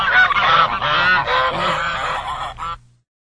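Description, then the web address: Duck calling loudly, a dense run of harsh, nasal notes lasting nearly three seconds before falling silent. "утки"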